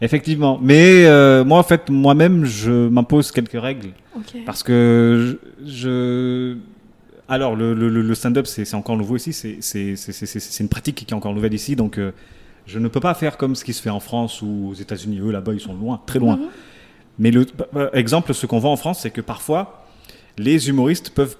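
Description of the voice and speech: An adult man speaking French in a conversational monologue, with stuttering since childhood: rapid syllable repetitions ("se-se-se-se", "le-le-le"), repeated words, prolonged sounds and silent blocks and pauses between phrases. He is a stand-up comedian from the Comoros.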